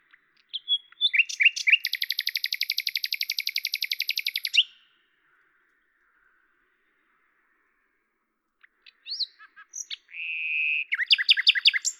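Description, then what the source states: Common nightingale song: a long rapid rattling series of repeated high notes, silence, then varied notes and another fast trill. Recorded at Lavours, France, on 10/05/1998 with a Tascam DAP-1 recorder and Télingua microphone, edited in Samplitude 5.1.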